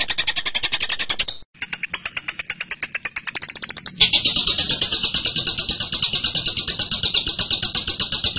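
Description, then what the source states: Bird song: fast high chatter, a short gap, accelerating ticking notes, then a sustained run of rapid high chirps. Masteran birdsong recording used to teach other birds.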